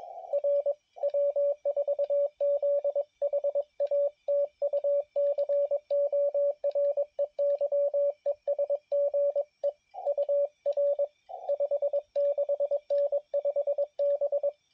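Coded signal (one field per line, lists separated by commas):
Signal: Morse code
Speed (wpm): 21 wpm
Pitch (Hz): 570 Hz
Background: radio noise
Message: R W4ZHA TU COREY ES GE UR 56N 5B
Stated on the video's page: CW Parks on the Air activation from a national forest.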